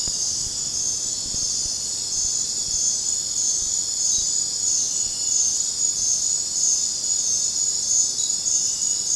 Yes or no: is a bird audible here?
no